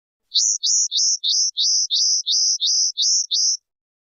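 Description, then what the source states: Streaked spiderhunter giving ten clear, high, upslurred whistled notes, evenly repeated about three per second. Long, clear recording of an actively singing bird, made as a tutor recording for training birds.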